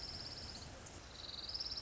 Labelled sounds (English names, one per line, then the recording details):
Orange-crowned Warbler
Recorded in Sonoma County, California